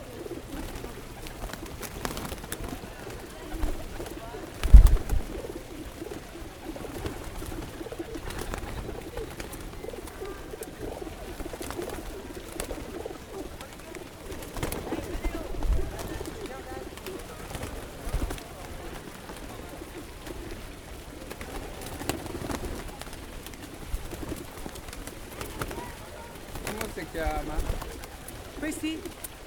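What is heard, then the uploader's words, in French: Pigeons coo and flutter in a steady low murmur, their soft throaty calls overlapping throughout. Faint voices and a general bustle sit underneath. A sharp thump near five seconds stands out, and brief flurries of wing flaps come and go. Les Pigeons de Rome. Pigeons enregistrés sur la place située devant le Palais Farnese. Le micro est mis près du sac de graines que leur distribue une vieille romaine.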